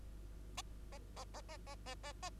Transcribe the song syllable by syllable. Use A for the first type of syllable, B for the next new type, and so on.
A A A A A A A A A